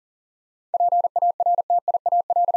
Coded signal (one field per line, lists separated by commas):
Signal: Morse code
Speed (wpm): 40 wpm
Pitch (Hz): 700 Hz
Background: none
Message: PARTIAL